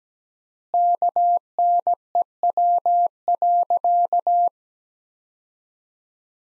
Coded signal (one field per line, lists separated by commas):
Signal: Morse code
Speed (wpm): 17 wpm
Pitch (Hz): 700 Hz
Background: none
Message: KNEW.